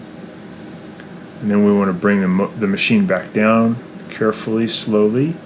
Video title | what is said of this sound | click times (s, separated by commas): WHIRLPOOL WASHER WON’T AGITATE OR SPIN—SOLVED!!! | I'm gonna put this connector back on and then the main connector back on to the motor push it all the way until it clicks and | 1.0 s